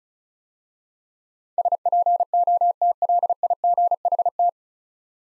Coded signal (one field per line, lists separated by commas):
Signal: Morse code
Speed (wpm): 36 wpm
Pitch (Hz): 700 Hz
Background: none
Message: SPOTLIGHT